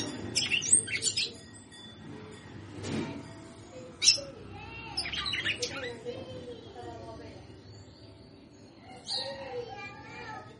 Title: Canto Galo Campina Fêmea. Fêmea de Galo de campina cantando muito. Esquenta seu CAMPINA em 10 minutos